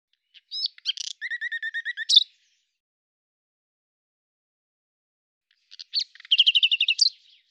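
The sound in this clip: Common nightingale song: a fast series of even, repeated notes stacked in two pitches, then after a long silence another rapid, rhythmic run ending in a sharp upward flick.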